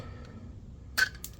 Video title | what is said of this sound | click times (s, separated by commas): How to Replace the Front Brake Pads on a 2019-2025 Silverado and Reset the Service Light. | The way this should have came out | 1.2 s